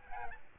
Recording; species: mosquito wingbeat signal from an infrared sensor; Aedes albopictus